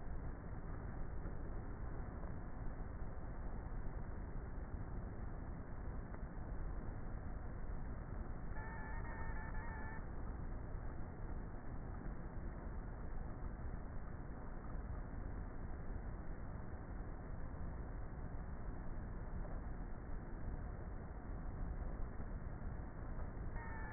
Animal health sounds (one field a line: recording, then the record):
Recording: honeybee colony, microphone inside the hive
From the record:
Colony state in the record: queenless with a low population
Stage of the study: before two queens were removed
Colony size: about 30,000 bees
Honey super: no